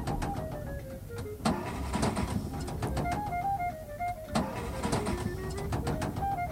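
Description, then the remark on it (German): A Studebaker car engine sputters and coughs, a steady low rumble broken by a few sharp irregular pops, while a bright stepping melody plays over it. No one speaks. “Nanu, was ist denn auf einmal mit dem Wagen los?”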